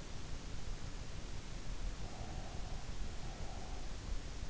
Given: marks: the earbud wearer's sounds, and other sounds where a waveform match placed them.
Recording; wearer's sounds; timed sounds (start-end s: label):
sounds in sleep by an in-ear microphone; breath
1.70-4.08 s: breath